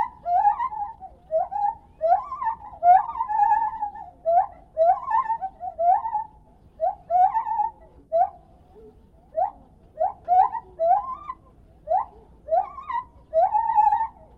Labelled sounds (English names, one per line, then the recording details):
Lar Gibbon
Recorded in captivity
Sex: male
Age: adult
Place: Tierpark Berlin, Berlin, DE
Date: 1968-12-22 12:30
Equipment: Uher 4000 Report, Sennheiser MD 421
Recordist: Tembrock, Günter
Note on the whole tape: Männchen: Gesänge, sitzt dabei im offenen Kasten des Außengeheges; Abstand ca. 8 m. Aufnahme endet abrupt